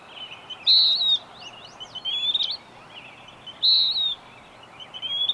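Bird song with loud, clear whistled notes alternating with softer phrases, repeated, soft hiss beneath.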